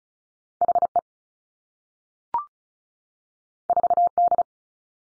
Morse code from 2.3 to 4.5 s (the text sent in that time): 4 D